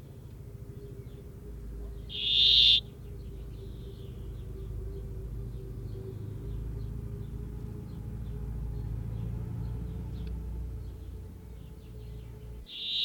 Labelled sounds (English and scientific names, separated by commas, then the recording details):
Brambling (Fringilla montifringilla)
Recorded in captivity
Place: Bergen, Insel Rügen, Mecklenburg-Vorpommern, DE
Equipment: Nagra III BH, Sennheiser MD 21, parabola
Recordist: Schubert, Michael